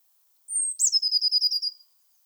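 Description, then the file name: Eurasian blue tit phrase: a sustained high, thin whistle followed by a crisp note and a quick, even trill. "Cyanistes caeruleus"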